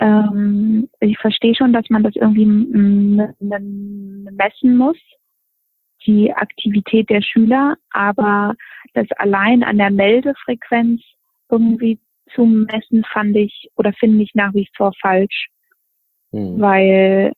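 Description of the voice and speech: An adult woman who stutters speaks German at a halting pace, with held, flat-pitched sounds lasting over a second, drawn-out vowels and fillers, a brief syllable repetition and frequent pauses. These prolongations and breaks fit mild stuttering, mostly heard as stretched sounds rather than blocks.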